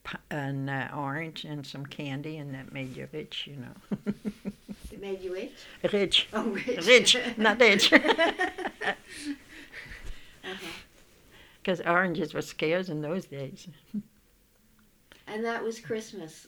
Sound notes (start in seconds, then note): 3.8 laughs; 6.3 they laugh